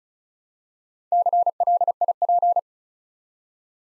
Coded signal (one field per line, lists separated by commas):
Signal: Morse code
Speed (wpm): 36 wpm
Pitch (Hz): 700 Hz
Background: none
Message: CLIP